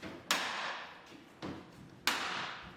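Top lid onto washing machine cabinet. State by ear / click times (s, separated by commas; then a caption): seated / 0.3 s, 2.1 s. The top lid of a Hotpoint washing machine is put back onto the cabinet after its dispenser drawer spring is replaced, and pushed down until it clicks into place. Two sharp, bright clicks with a ringing decay sound at 0.3 s and 2.1 s, with a softer thud at 1.4 s in between. The lid is seated.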